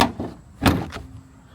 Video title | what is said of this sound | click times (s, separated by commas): I FIXED the CHEAPEST Subaru Forester XT Using a PARTS CAR! (Part 2) | All right. Come on, baby. Let me hear a nice click from you. | 0.0 s